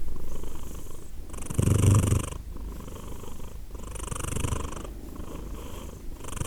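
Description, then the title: Purring cat, low rumbling hum with a strong swell early on and gentler breath pulses after. Cat named Edith purring; Glasgow, Scotland; December 2023. "Edith purring, Glasgow, Scotland in December 2023 – by Steve Urquhart"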